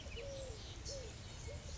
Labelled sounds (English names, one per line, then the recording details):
Eurasian Collared Dove
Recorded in Sonoma County, California